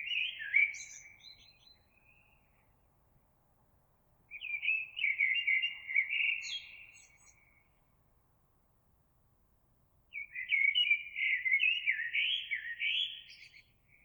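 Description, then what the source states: Eurasian blackbird song in three twittering phrases, with thin high squeaks. Recorded on 26 April 2022.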